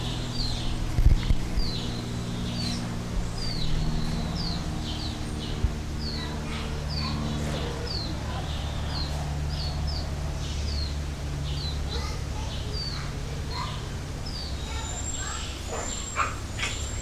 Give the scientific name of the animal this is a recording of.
Cebus olivaceus